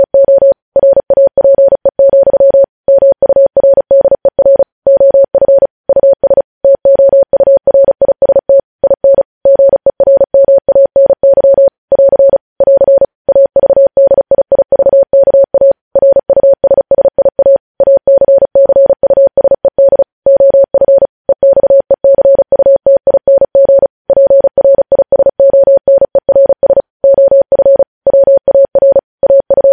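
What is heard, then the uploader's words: Morse code sent as a single mid-pitched tone, keyed on and off rapidly and continuously for the whole half minute. The dots and dashes come dense and fast, with only brief silent gaps between characters. The signal is clean, with no other sounds behind it. Morse code.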